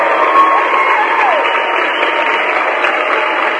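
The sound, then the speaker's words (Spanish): A crowd applauds in a dense, steady wash of clapping that holds at an even, fairly loud level for a few seconds without pausing, with no distinct individual claps standing out. “Y va un aplauso para todos ellos, realmente.”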